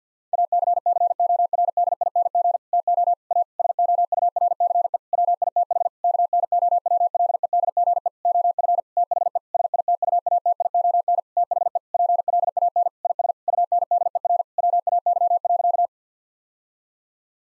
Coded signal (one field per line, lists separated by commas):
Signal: Morse code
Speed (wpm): 50 wpm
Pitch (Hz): 700 Hz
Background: none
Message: ACCORDING TO A SOURCE WITH KNOWLEDGE OF THE SITUATION THE PLAN IS UNDER WAY.